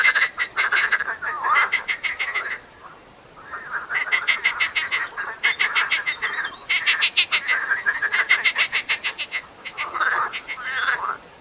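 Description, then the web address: Marsh frog chorus of rapid, rattling croak series, several frogs calling together in long overlapping bursts with a brief lull. Frogs calling in the Tävsmoor. "seefrosch. rufen jetzt die froesche im taevsmoor"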